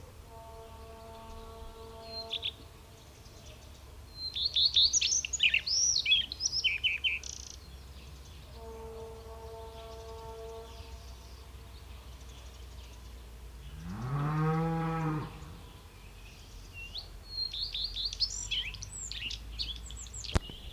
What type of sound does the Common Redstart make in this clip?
song